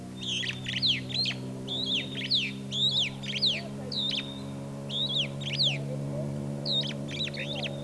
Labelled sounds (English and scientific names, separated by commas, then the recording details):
Superb Starling (Lamprotornis superbus) flight call
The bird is a male
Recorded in Kenya on 28 April 2009 at 09:04
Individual 6, of group CF1